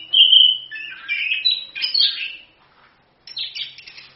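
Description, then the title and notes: Orange-headed thrush singing a fast, jumbled stream of warbles and slurred whistles, a short gap, then another burst of varied twittering notes. Masteran song of the thrush, meant as a pancingan lure to prompt another bird to sing; song described as gacor (vigorous) and ngerol (continuous rolling). "ANIS KEMBANG GACOR, ANIS KEMBANG NGEROL, PANCINGAN ANIS KEMBANG BIAR BUNYI. Masteran Anis Kembang"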